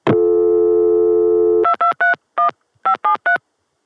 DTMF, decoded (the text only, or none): 2231 573